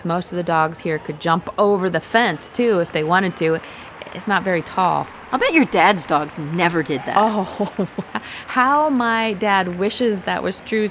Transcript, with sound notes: Most of the dogs here could jump over the fencing if they wanted to. It’s not very tall.
I’ll bet your dad’s dogs never did that!
(laughter) Oh, how my dad wishes that were true!